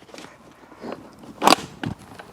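With the vehicle belt routed through an Evenflo Revolve360 Slim convertible car seat and left slightly slack so the click is easier to hear, the plastic belt tensioner/lock-off panel is pushed closed. After a few soft bumps and rustles, a sharp double click at about 1.5 s marks the panel latching shut, followed by a lighter knock near 1.8 s. The tensioner is seated.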